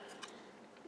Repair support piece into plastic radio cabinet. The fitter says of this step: both from the rear and from the side and that'll snap right in there pretty good now